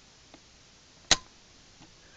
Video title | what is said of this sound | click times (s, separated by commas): Apple Powerbook G3 PISMO Memory Upgrade | click it in and you'll hear the click which I'm which you probably hear now | 1.1 s